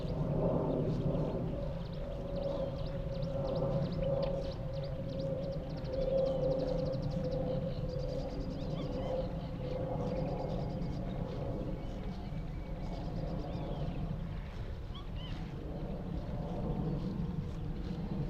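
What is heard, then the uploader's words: Higham Marshes in May: a steady low drone with a humming tone through the first half, and scattered bright bird chirps above it. Out in the wide open on Higham Marshes in Kent on a warm May afternoon. The sound scene of the Higham Marshes nature reserve from a little hawthorn tree in full scented blossom. Giant operating container ports rumble on the same horizon.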